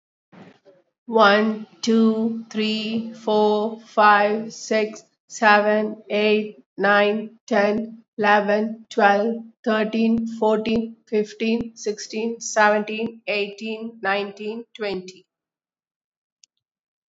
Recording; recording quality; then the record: counting at a normal pace; excellent, no background noise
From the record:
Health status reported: respiratory illness, not identified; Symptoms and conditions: asthma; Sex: female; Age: 55 years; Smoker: not ticked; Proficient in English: yes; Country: India